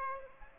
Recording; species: mosquito wingbeat signal from an infrared sensor; Aedes aegypti